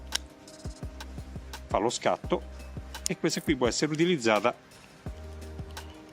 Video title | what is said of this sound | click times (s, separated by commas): AVVITATORE AD IMPULSI SEESII WH700 650Nm | το βάλετε, το κατεβάζει και κάνει κλικ | 0.2 s